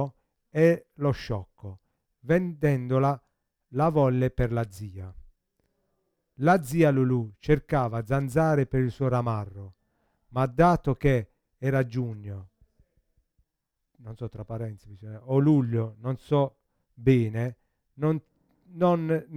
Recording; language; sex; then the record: read passage; Italian; male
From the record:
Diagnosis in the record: Parkinson's disease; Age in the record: 50 years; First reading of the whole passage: 72 s, 7.2 characters per second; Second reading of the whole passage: 54 s, 9.6 characters per second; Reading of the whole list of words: 40 s, 7.1 characters per second